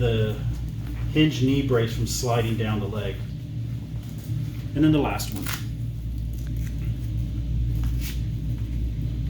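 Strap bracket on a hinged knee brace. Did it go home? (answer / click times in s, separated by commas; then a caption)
no / none. Someone talks over background music while handling the last strap bracket on a locking hinged knee brace, with faint handling noises near the end. The bracket is not fastened yet, and nothing has seated or clicked.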